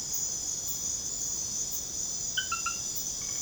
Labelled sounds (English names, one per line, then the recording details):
none
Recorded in secondary vegetation near Puerto Asís, Putumayo, Colombia, on 21 December 2024 at 21:30
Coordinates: 0.489, -76.322
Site G059